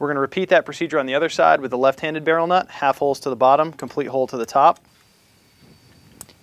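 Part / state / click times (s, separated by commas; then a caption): thermal bushing onto the barrel nut of a rifle handguard rail / seated / 6.2 s. Someone talks while a thermal bushing is hooked onto the teeth of the left-hand barrel nut on a rifle upper for a handguard rail, complete hole to the top and half holes to the bottom. After the talking stops, the bushing snaps into place with a short, sharp click at 6.2 s, and it is seated.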